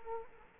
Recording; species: mosquito wingbeat signal from an infrared sensor; Culex quinquefasciatus